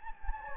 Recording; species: mosquito wingbeat signal from an infrared sensor; Anopheles gambiae